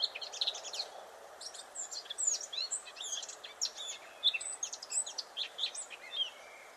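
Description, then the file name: Eurasian blackcap singing a fast, scratchy warble of high chattering and twittering notes, almost continuous for several seconds, with light background hiss. "Sylvia atricapilla"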